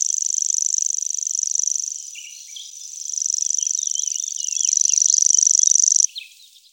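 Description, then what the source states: Common grasshopper warbler song, a long sustained high reeling trill that dips in loudness midway and then cuts off, with soft chirps in the background. Recorded in Germany, Austria, Switzerland.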